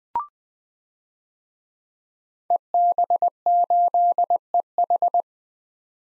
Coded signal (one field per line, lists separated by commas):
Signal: Morse code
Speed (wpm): 20 wpm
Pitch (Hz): 700 Hz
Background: none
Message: EB8EH